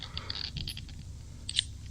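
A small case screw is turned backwards in the plastic housing of a Mavic Pro drone remote controller, giving faint crunchy ticks before a sharp click at 1.6 s. The click shows the screw has dropped into its existing plastic thread start, so it won't cross-thread. The thread has engaged, but the screw is not yet tightened home.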